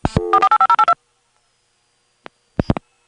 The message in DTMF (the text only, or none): 485082